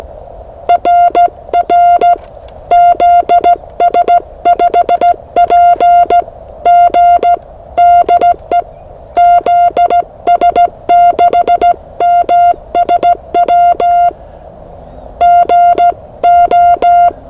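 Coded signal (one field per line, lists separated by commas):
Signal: Morse code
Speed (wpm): 16 wpm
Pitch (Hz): 700 Hz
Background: music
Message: RR ZS5PG DE ZS6MSW GO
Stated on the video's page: Morse practice session ahead of a CW RaDAR event.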